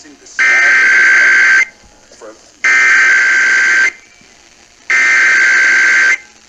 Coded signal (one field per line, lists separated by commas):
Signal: Emergency Alert System (SAME) tones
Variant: header bursts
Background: speech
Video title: EAS #22-30 - Sacramento Monthly and IPAWS Weekly Tests (1/1/24)